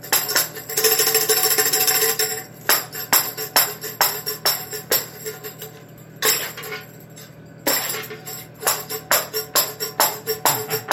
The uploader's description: playing tambourine